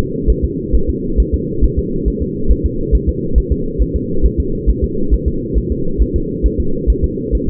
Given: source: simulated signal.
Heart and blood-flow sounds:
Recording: fetal heart sounds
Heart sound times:
0.30 s: S1
0.44 s: S2
0.75 s: S1
0.89 s: S2
1.20 s: S1
1.34 s: S2
1.64 s: S1
1.79 s: S2
2.08 s: S1
2.22 s: S2
2.51 s: S1
2.66 s: S2
2.95 s: S1
3.09 s: S2
3.38 s: S1
3.52 s: S2
3.82 s: S1
3.96 s: S2
4.26 s: S1
4.40 s: S2
4.70 s: S1
4.84 s: S2
5.14 s: S1
5.28 s: S2
5.58 s: S1
5.72 s: S2
6.02 s: S1
6.16 s: S2
6.46 s: S1
6.60 s: S2
6.90 s: S1
7.04 s: S2
7.35 s: S1
7.49 s: S2
From the record:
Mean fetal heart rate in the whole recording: 135 bpm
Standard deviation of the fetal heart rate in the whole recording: 3 bpm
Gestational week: 34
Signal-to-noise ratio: -8.1 dB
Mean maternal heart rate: 72 bpm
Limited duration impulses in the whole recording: absent

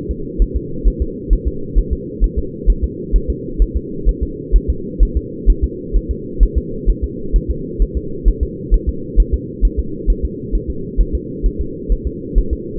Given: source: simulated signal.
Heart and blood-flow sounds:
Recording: fetal heart sounds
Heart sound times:
0.11 s: S2
0.42 s: S1
0.57 s: S2
0.88 s: S1
1.02 s: S2
1.33 s: S1
1.48 s: S2
1.79 s: S1
1.93 s: S2
2.24 s: S1
2.39 s: S2
2.70 s: S1
2.84 s: S2
3.16 s: S1
3.30 s: S2
3.62 s: S1
3.76 s: S2
4.09 s: S1
4.23 s: S2
4.56 s: S1
4.70 s: S2
5.03 s: S1
5.17 s: S2
5.50 s: S1
5.64 s: S2
5.96 s: S1
6.11 s: S2
6.43 s: S1
6.58 s: S2
6.90 s: S1
7.04 s: S2
7.36 s: S1
7.50 s: S2
7.82 s: S1
7.97 s: S2
8.28 s: S1
8.43 s: S2
8.74 s: S1
8.89 s: S2
9.20 s: S1
9.34 s: S2
9.65 s: S1
9.79 s: S2
10.10 s: S1
10.25 s: S2
10.55 s: S1
10.70 s: S2
11.01 s: S1
11.15 s: S2
11.46 s: S1
11.61 s: S2
11.92 s: S1
12.07 s: S2
12.38 s: S1
12.53 s: S2
From the record:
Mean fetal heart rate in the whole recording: 130 bpm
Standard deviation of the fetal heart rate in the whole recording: 2 bpm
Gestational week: 36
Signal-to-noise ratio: -4.3 dB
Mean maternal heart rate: 72 bpm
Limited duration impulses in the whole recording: absent

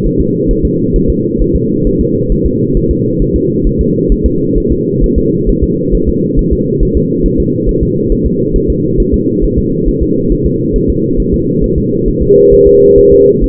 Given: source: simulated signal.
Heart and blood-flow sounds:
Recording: fetal heart sounds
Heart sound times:
0.06 s: S1
0.21 s: S2
0.51 s: S1
0.65 s: S2
0.96 s: S1
1.10 s: S2
1.41 s: S1
1.56 s: S2
1.87 s: S1
2.01 s: S2
2.32 s: S1
2.46 s: S2
2.77 s: S1
2.91 s: S2
3.22 s: S1
3.36 s: S2
3.67 s: S1
3.81 s: S2
4.12 s: S1
4.26 s: S2
4.58 s: S1
4.72 s: S2
5.04 s: S1
5.18 s: S2
5.49 s: S1
5.64 s: S2
5.95 s: S1
6.09 s: S2
6.39 s: S1
6.53 s: S2
6.83 s: S1
6.97 s: S2
7.26 s: S1
7.40 s: S2
7.69 s: S1
7.83 s: S2
8.12 s: S1
8.26 s: S2
8.56 s: S1
8.70 s: S2
9.00 s: S1
9.14 s: S2
9.44 s: S1
9.58 s: S2
9.88 s: S1
10.03 s: S2
10.32 s: S1
10.46 s: S2
10.76 s: S1
10.90 s: S2
11.20 s: S1
11.34 s: S2
11.64 s: S1
11.78 s: S2
12.08 s: S1
12.22 s: S2
12.53 s: S1
12.67 s: S2
12.98 s: S1
13.13 s: S2
13.44 s: S1
From the record:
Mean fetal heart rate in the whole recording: 135 bpm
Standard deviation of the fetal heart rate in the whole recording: 3 bpm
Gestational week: 36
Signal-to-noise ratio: -11.2 dB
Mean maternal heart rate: 72 bpm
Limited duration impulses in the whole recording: present

